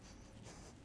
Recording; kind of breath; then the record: one breath in and out by a microphone near the nose and mouth; strong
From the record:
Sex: male